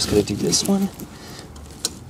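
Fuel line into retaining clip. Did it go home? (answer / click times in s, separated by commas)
yes / 1.9 s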